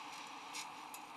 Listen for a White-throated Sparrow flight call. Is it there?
no